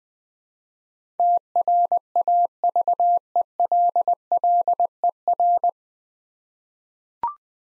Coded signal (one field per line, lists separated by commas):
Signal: Morse code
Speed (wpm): 20 wpm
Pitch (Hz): 700 Hz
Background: none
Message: TRAVELLER